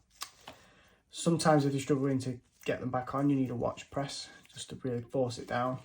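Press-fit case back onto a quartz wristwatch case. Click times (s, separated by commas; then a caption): 0.2 s. A metal press-fit case back, its indent lined up with the stem, is pushed by hand onto a quartz wristwatch case. It snaps into place with a sharp click at 0.2 s, followed by a smaller tick at 0.5 s, and the back is seated. Then someone talks.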